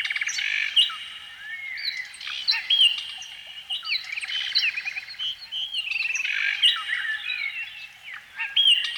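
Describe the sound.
Canary song of rich, high warbling with clear upslurred whistles and short rattling trills, continuous throughout.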